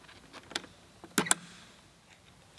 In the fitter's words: the connector back in do the reverse process press down while pulling up on the latch until it clicks into place and seat the lock on this type of connector there